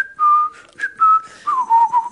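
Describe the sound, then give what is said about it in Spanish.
A person whistles a short birdlike tune imitating a little bird from a film, a few sustained high notes with quick slides and chirpy breaks between them, loud and clear with no talking. “que apareció un pajarito que hacía.”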